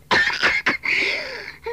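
An adult woman gives three quick, harsh cough bursts in a row, followed by a drawn-out voiced clearing of the throat that fades away. It is a plain dry cough, an ongoing one that is always heard a little, acted for comic effect in a comedy sketch.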